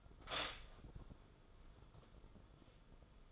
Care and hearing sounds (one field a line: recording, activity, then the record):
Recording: daily activity, microphone in the room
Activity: stop toaster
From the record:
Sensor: 5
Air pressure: 994.6 hPa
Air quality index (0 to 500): 185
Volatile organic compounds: 1000 ppm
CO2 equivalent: 5428 ppm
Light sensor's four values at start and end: 33/107/41/43 and 42/130/51/55